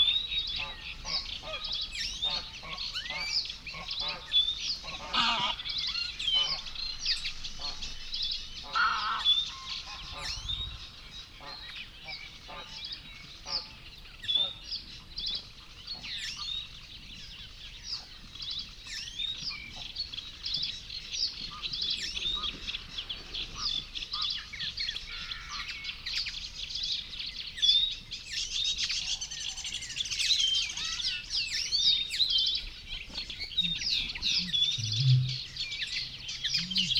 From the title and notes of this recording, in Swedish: Dalbyvikens ljudlandskap i maj. Ljuden är inspelade med Telingas SSM-mikrofon och en Olympus LS-14 samt PRO-8 MK2 parabolmikrofon och en Zoom H4.